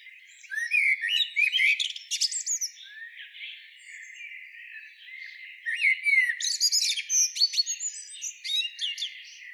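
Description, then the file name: Common blackbird singing two phrases: mellow warbled whistles followed each time by a scratchy, high-pitched twitter, with a short pause between phrases. "Turdus merula"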